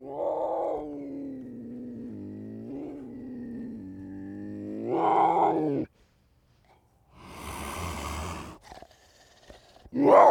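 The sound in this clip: Puma wailing in long harmonic notes that rise into a louder cry, then a breathy hiss and the start of another call.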